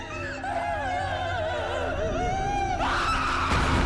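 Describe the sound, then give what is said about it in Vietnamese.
A woman wails and cries in long, wavering, high-pitched moans that rise and dip continuously, holding a steady loudness for several seconds with no speech. “Đằng sau lưng, nó vẫn nghe thấy âm thanh của cô Lý khóc lóc”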